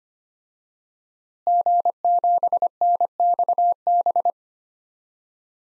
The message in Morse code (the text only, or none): G7NXB